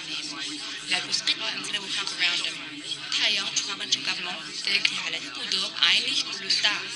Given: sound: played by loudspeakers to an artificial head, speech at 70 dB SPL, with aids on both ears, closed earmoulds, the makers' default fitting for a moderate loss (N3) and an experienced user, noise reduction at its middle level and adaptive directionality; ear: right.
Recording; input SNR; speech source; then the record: speech test signal (ISTS) in cocktail-party noise; -3 dB; on the right (90 degrees)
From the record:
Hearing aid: class 1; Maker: B